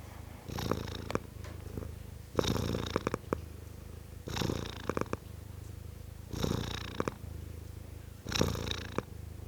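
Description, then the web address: Domestic cat purr: a continuous deep rumble with rhythmic louder phases about every two seconds. Male (tom) cat, purring. "The BBC Sound Effects Library. Tom Cat, Purring"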